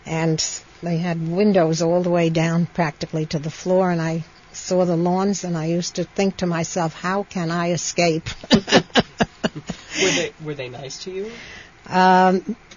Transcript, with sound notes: and they had windows all the way down practically to the floor and I saw the lawns and I used to think to myself, "How can I escape?" (She laughs)
Were they nice to you?